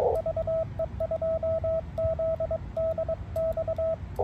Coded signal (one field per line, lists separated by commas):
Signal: Morse code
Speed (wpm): 22 wpm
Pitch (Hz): 650 Hz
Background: radio noise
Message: VE2ZDX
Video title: 2024-09-11 ham radio session